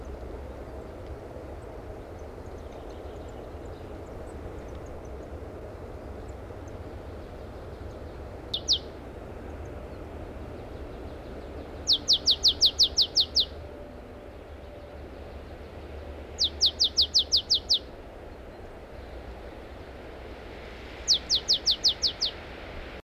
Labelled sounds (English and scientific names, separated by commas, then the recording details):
Marsh Tit (Poecile palustris) song
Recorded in the wild
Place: Düsseldorf, Nordrhein Westfalen, DE
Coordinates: 51.33, 6.77
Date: 1995-04-08
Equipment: Sony WM-D6C
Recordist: Skiba, Reinald